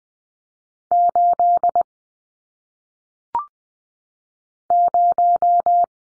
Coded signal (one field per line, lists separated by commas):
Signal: Morse code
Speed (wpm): 20 wpm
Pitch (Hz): 700 Hz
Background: none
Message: 8 0